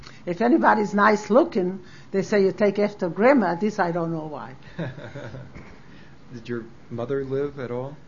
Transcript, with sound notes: If anybody's nice looking, they say, "You take after Grandma." This, I don't know why.
[Laughs] Did your mother live at all?